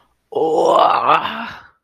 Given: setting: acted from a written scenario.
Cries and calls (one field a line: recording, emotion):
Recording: vocal sound without words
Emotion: pain